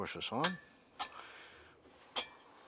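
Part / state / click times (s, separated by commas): electrical connector onto its mating socket on the condenser/fan area / not seated / none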